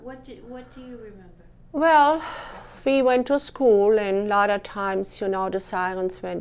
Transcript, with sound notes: What do you remember?
Well, (sighs) we went to school, and a lot of times, you know, the sirens went.